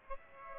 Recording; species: mosquito wingbeat signal from an infrared sensor; Aedes aegypti